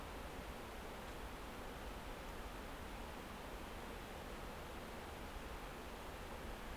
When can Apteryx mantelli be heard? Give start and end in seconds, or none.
none